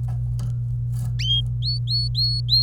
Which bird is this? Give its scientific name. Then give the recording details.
Serinus canaria. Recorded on 26 April 2018 at 11:28. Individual llb3